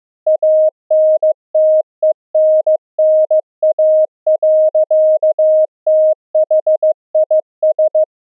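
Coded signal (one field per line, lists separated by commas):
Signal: Morse code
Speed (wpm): 15 wpm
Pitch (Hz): 620 Hz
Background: none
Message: ANTENNA. THIS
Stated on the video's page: Pulse density modulated CW transmitted and received on LF at 64 kHz with resonant magnetic near-field antennas, an experiment for through-the-earth cave communication.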